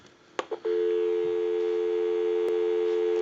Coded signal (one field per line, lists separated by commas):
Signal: telephone call progress tone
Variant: North America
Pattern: dial tone